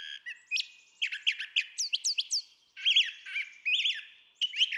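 Brown Thrasher song: rapid, varied whistled and chirping phrases, several notes given twice in quick succession, with short pauses between phrase groups.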